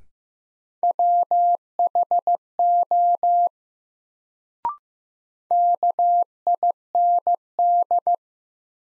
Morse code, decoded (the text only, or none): WHO KIND